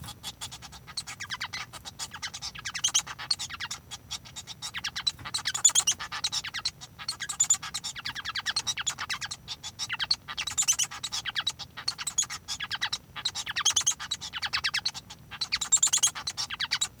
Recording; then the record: song of a male Bengalese finch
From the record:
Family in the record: son of father 1